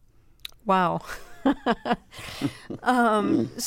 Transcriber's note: laughter